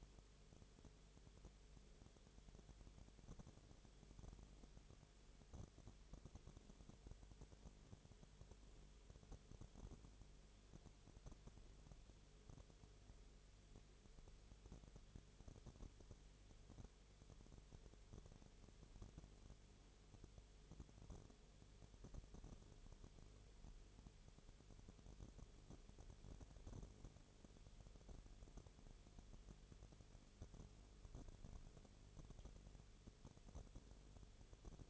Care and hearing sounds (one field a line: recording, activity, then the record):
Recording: daily activity, microphone in the room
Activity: no activity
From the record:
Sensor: 4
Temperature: 22.0 degrees Celsius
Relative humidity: 29.4%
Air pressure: 1002.1 hPa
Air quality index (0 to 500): 60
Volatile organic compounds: 1 ppm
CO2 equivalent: 612 ppm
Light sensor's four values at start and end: 2/3/1/1 and 2/3/1/1